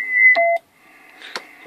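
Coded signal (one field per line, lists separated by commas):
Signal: roger beep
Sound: a steady high tone, a short two-note beep, then a squelch burst and hiss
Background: radio static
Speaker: we want to hear the beep so as soon as I transmit the middle LED should come on uh and then as soon as i d key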